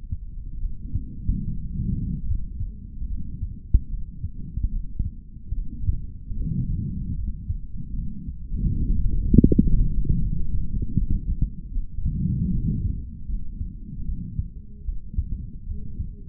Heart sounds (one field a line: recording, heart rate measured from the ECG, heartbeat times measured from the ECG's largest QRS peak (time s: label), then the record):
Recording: heart sounds by stethoscope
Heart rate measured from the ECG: 76 bpm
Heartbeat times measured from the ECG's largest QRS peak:
0.60 s: heartbeat
1.44 s: heartbeat
2.26 s: heartbeat
3.07 s: heartbeat
3.89 s: heartbeat
4.71 s: heartbeat
5.53 s: heartbeat
6.36 s: heartbeat
7.16 s: heartbeat
7.94 s: heartbeat
8.71 s: heartbeat
9.45 s: heartbeat
10.20 s: heartbeat
10.95 s: heartbeat
11.71 s: heartbeat
12.50 s: heartbeat
13.26 s: heartbeat
14.04 s: heartbeat
14.84 s: heartbeat
15.66 s: heartbeat
From the record:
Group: healthy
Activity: rest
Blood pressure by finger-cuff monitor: 109/79 mmHg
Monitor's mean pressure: 89 mmHg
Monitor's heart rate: 75 bpm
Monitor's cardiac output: 3.4 L/min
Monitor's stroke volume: 46 mL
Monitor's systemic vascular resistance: 1910 dyn s/cm5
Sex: male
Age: 55 years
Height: 167 cm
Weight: 57.2 kg